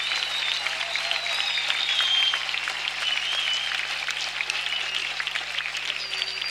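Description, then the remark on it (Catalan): Steady, dense applause from a concert audience for the band and its string section, a continuous crackle of many hands clapping at even loudness throughout, with faint whistles rising above it. “Aplaudiment a la banda també, aquí.”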